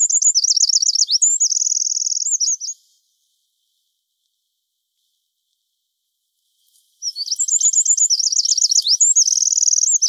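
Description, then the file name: Eurasian wren singing: the end of one rapid trilling song, a four-second silence, then another loud burst of high, fast warbles and rattles. "Troglodytes troglodytes"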